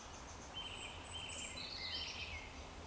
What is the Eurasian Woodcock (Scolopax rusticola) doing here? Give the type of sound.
whistle